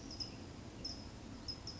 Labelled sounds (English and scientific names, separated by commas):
California Towhee (Melozone crissalis)